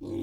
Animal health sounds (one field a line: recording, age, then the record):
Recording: pig call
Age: weaner (32 to 43 days)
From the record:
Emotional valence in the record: positive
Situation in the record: positive conditioning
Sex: female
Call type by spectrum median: low-frequency call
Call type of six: low-frequency stable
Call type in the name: low-frequency stable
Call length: 0.23 s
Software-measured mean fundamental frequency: 45 Hz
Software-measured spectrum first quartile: 228 Hz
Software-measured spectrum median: 315 Hz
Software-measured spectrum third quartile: 388 Hz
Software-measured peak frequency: 325 Hz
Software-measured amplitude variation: 120 dB a second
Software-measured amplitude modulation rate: 32.2 a second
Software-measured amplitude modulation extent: 3.7 dB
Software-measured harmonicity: 5.0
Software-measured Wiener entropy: -0.23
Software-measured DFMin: 1064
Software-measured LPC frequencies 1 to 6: 337, 2254, 3475, 4007, 5740, 6996 Hz